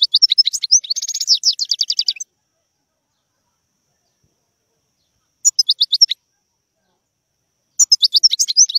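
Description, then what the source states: European goldfinch song: bursts of rapid, liquid twittering notes with a fast trilled run, then two shorter twittering phrases after long silent pauses. Song of a wild bird.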